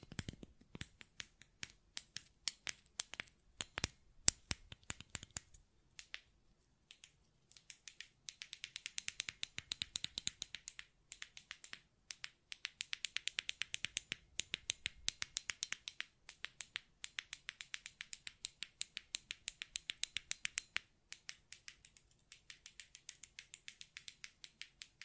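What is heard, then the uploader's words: Sharp button clicks and taps, irregular at first, then fast steady runs of crisp bright clicks after about seven seconds. ASMR Button Clicking and Tapping Sounds (No Talking).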